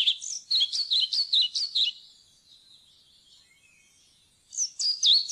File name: svarthvit fluesnapper